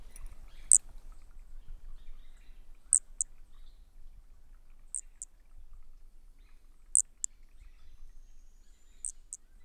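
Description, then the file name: Brachycephalus frog producing tiny, piercing high notes, mostly in quick pairs, repeated roughly every two seconds against near silence. Unidentified Brachycephalus species, individual 3, recorded at 20 cm, Corcovado, 18 December 2017. "Brachy sp ind 3 perdeu notas 20 cm Corcovado 18 dez 2017 MRB"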